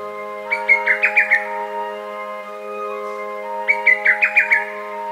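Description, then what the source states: Lesser cuckoo song: two bursts of quick, sharp whistled notes, roughly three seconds apart, over a steady low humming tone in the background. Rikugien garden, Tokyo, Japan.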